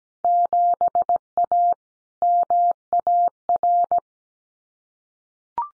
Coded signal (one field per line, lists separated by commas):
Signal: Morse code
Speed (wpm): 17 wpm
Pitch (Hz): 700 Hz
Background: none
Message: 7A MAR